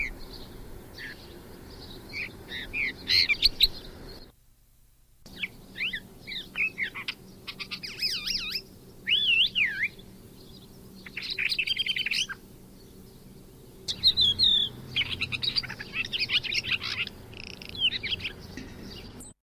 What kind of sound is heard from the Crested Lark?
song